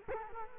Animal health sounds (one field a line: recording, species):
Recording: mosquito wingbeat signal from an infrared sensor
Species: Culex quinquefasciatus